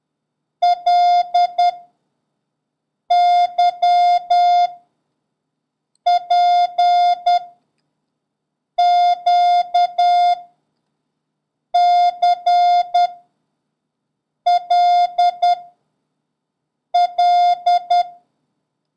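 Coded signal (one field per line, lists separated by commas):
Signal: Morse code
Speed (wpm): 10 wpm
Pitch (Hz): 710 Hz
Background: none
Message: LYPQCLL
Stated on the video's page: Morse code lesson covering letters Y, J, L and the number 4, with a random run drill.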